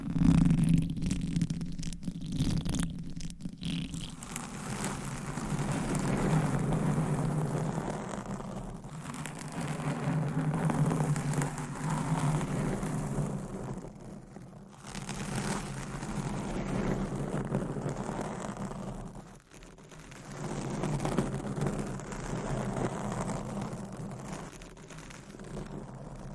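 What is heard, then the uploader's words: Fingernails scratch and rub over a covered microphone in a dense, continuous rustle with a heavy low rumble underneath. The texture shifts as the covers change, with brief drops in loudness near 3, 9, 15 and 20 seconds before the scratching resumes. ASMR with 200 MICS! Different Mic Covers & Nails Mic Scratching , Massage & More No Talking.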